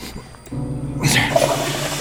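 A toilet flushes: a low hum gives way to a sudden loud rush of water that keeps swirling and gurgling steadily to the end, with no voices.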